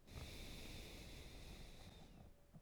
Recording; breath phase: one breath near a microphone; exhalation